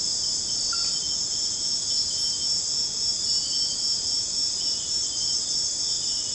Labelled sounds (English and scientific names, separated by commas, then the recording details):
none
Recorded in secondary vegetation near Puerto Asís, Putumayo, Colombia, on 21 March 2025 at 01:30
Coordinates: 0.485, -76.322
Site G040